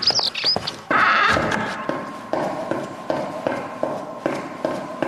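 Steady footsteps tread at an even walking pace toward the doors of a psychiatric hospital, each crisp step clearly separated, after a brief high squeaky chirping sound at the very start.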